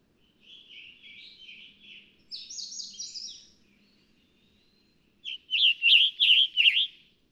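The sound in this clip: Scarlet tanager singing: soft buzzy, wheezy phrases first, then a loud closing series of several coarse, burry notes; a low hum runs underneath.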